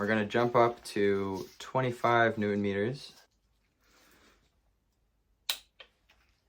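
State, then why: Torque reached. Someone talks, then a torque wrench tightening a bolt on an OM647 engine from a T1N Sprinter reaches its 25 Nm setting and gives one sharp, clean click at 5.5 s. Two fainter ticks follow at about 5.8 s and 6.1 s.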